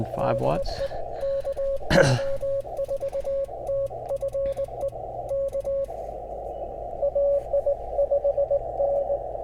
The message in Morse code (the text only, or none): DE KO4TFE K AI5N